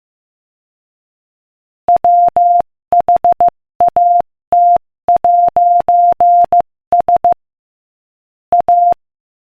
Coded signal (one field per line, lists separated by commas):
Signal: Morse code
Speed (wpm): 15 wpm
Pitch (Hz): 700 Hz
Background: none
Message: WHAT'S A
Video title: Morse Code Practice: 15 wpm Joke #2